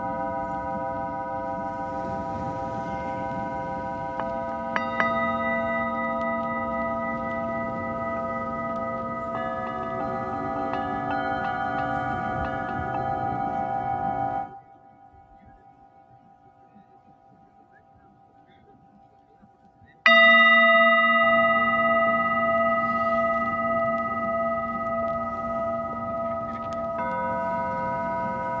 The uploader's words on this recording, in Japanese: 秋分メキシコから シンギングボウルのサウンドヒーリング。